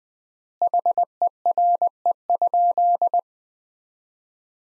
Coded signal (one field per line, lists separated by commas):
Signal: Morse code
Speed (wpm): 20 wpm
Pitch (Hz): 700 Hz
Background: none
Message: HERE?